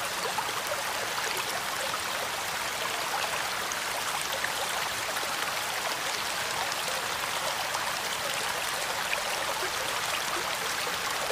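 Rain falls steadily and evenly, a dense hiss of countless drops with a bright, airy edge and little low rumble. The level holds constant throughout, with tiny individual splashes flickering within the wash and no other sounds.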